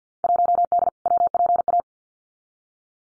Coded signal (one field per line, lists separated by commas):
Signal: Morse code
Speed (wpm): 50 wpm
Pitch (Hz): 700 Hz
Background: none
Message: 1D WPA